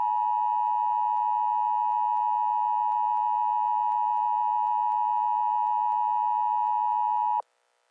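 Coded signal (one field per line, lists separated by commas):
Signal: Emergency Alert System (SAME) tones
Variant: 853 and 960 Hz attention tone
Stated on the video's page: Fictional EAS scenario with NOAA Weather Radio-style alerts and text-to-speech voices; simulated.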